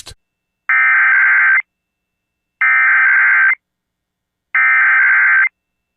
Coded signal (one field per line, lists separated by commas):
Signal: Emergency Alert System (SAME) tones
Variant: header bursts